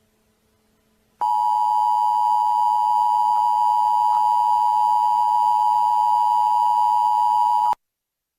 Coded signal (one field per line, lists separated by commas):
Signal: Emergency Alert System (SAME) tones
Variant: 853 and 960 Hz attention tone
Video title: Emergency alert system this is not a test